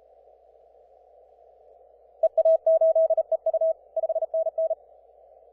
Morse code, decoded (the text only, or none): EA8EU 5NN